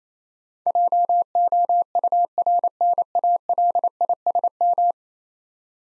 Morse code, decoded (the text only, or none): JOURNALISM